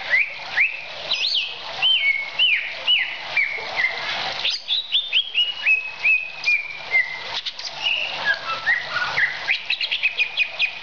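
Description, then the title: Oriental magpie-robin delivering rich whistled song: repeated upslurred and downslurred notes, a falling series of sweet whistles, ending in fast chattering twitters. "Kicau Kacer"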